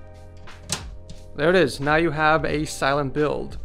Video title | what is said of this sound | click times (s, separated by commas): I'm Bored again...Let's build another PC! | we have the same exact thing these are all magnetic too so they just basically snap in place which is awesome there | 0.7 s